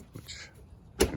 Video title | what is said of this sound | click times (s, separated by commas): Adding a Simple Kitchen Addition to our Sienna MiniCamperVan | snaps into place there and then the spray head | 1.0 s